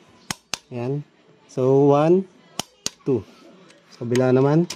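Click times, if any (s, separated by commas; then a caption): 0.3 s, 0.5 s. A torque wrench set to 20 Nm tightens the first exhaust mounting bolt on a scooter and gives two sharp clicks at 0.3 s and 0.5 s, confirming the bolt has reached its set torque. Someone then talks while moving to the other side, with a few more short ticks between the words.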